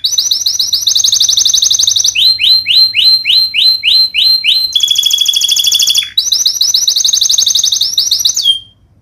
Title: Kenari Gacor Cengkok Terbaik Isian Paling Mewah Kenarigacor Kicaumania Kenari